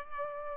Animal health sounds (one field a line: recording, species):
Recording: mosquito wingbeat signal from an infrared sensor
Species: Aedes albopictus